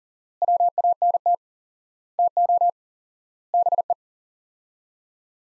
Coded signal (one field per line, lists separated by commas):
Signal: Morse code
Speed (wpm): 39 wpm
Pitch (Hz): 700 Hz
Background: none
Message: WANT TO BE